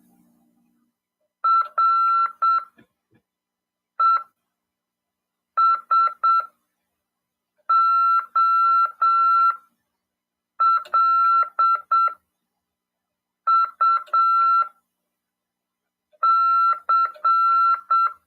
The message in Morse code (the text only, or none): RESOLUC